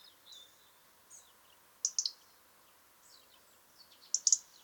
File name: Erithacus rubecula